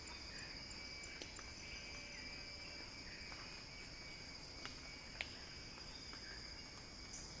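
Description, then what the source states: Cicada song as an unbroken high hum, steady in loudness, with scattered clicks. Cicada song described as a crescendo.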